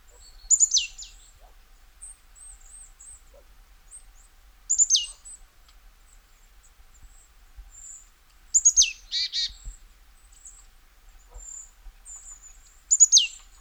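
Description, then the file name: Marsh tit giving four sharp, high, downward-sweeping calls at irregular intervals, one followed by a short burst of buzzy notes; soft high chirps in the background. "Poecile palustris"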